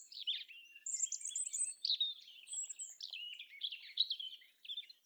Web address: SETE data Erithacus rubecula